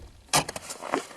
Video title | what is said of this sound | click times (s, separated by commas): Replacing a Subaru Forester 2015 battery | You could hear the pop. | 0.9 s